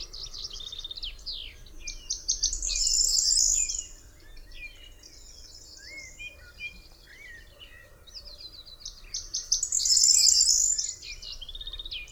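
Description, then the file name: Corn bunting singing twice, about seven seconds apart, each a short run of ticks building into a high, jingling, rattling flourish, with softer chirps and whistles between phrases. "potrzeszcz"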